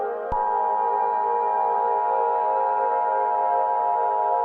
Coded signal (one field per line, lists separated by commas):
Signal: Emergency Alert System (SAME) tones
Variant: 853 and 960 Hz attention tone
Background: music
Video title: Columbia Basin Event (EAS Scenario)